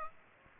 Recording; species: mosquito wingbeat signal from an infrared sensor; Aedes aegypti